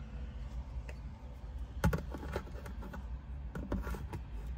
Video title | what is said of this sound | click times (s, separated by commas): NO TELEPASS - SI UnipolMove | nipple Move e sentirete poi un leggero click che confermerà l'avvenuto aggancio | 1.8 s